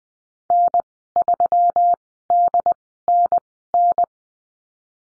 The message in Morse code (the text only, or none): N3DNN